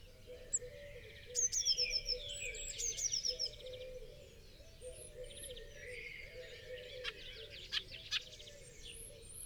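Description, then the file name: Eurasian blue tit song: two high thin phrases ending in short falling trills, fainter against a background of other scattered bird chirps and a low hum. "Cyanistes caeruleus"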